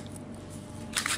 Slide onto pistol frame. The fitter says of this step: takmak için herhangi bir şeye gerek yok düğme müme kıvırmaya gerek yok kendiliğinden yerine oturuyor kurulu